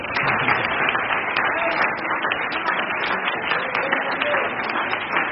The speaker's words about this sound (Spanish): Un aplauso al Señor.